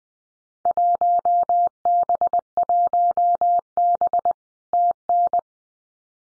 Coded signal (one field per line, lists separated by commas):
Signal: Morse code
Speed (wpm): 20 wpm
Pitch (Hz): 700 Hz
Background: none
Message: 1B 1B TN